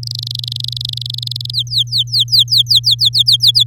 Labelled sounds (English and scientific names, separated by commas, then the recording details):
Domestic Canary (Serinus canaria) song
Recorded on 9 May 2018 at 06:29
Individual llb16